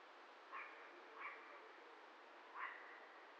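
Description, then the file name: Dog barking three times, short sharp barks, two close together then one after a pause, over a constant hiss of wind-like noise. Recorded at the Petite Ceinture, with wind. "Petite Ceinture Aboiement Chien Toux Klaxon Fin Vent"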